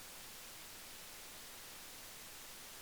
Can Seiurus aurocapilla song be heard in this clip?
no